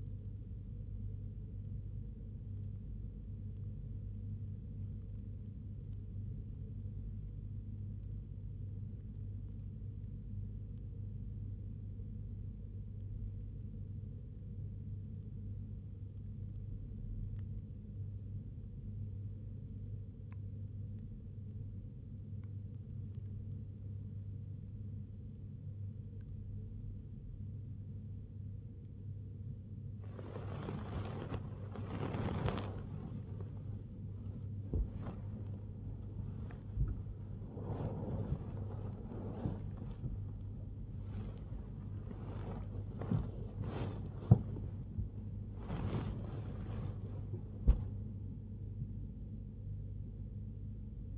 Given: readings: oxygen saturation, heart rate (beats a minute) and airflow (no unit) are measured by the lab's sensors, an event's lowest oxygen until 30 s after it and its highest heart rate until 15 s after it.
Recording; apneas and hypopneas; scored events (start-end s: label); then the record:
a person awake in a sleep study, by a smartphone at the bedside; 1
11.00-27.80 s: hypopnea (N1, oxygen 94% highest, then 93% lowest, heart rate 67 at the start, 80 highest)
13.00-43.00 s: new sleep stage, awake
14.00-46.00 s: awake
43.00-51.18 s: new sleep stage, N1 (lightest sleep)
From the record:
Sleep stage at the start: N1 (lightest sleep); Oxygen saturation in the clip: 93 to 95%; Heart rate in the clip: 63 to 83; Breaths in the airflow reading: 16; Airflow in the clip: -2.9 to 2.5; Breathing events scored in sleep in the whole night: 101 in 7.3 hours asleep